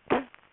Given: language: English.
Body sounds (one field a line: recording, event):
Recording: throat vibration sensor signal played as sound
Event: cough